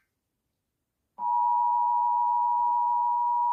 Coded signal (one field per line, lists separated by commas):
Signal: Emergency Alert System (SAME) tones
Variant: 853 and 960 Hz attention tone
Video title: Emergency Alert System Dicerted by Rodrigo de Guzman Mini Block Craft